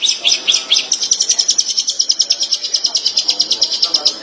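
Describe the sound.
Long-tailed shrike song, a steady rapid chatter of high buzzy notes repeated many times a second without a break.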